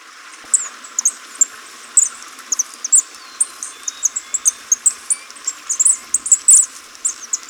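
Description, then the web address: Black-backed bush tanager calls: a steady stream of very high, thin, sharp chip notes, some in quick pairs, scattered irregularly over a faint hiss. Recorded in Ecuador. "Birds of Ecuador. Black-Backed Bush-Tanager"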